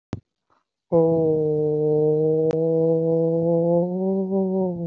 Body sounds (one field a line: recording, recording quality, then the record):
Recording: sustained vowel as in boot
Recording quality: excellent, no background noise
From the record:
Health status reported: healthy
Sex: male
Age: 25 years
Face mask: not worn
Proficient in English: yes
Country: India